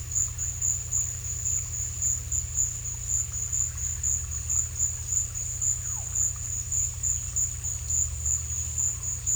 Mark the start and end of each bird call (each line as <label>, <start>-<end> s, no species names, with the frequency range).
bird call (0.4-1.8 kHz), 5.80-6.08 s